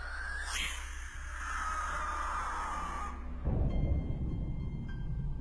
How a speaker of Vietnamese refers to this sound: Lúc mở mắt ra chưa kịp định thần, thì trên đầu của anh Hiếu vang lên tiếng con chim lợn, nó kêu lên en ét rợn cả người.